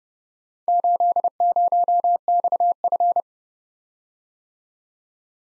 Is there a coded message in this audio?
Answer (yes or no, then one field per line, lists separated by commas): yes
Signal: Morse code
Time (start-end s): 0.7-3.2 s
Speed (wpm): 29 wpm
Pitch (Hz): 700 Hz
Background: none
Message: 80XF